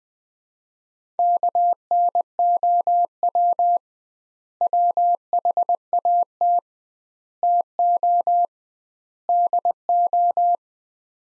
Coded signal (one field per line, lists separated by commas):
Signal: Morse code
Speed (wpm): 20 wpm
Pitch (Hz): 700 Hz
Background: none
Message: KNOW WHAT TO DO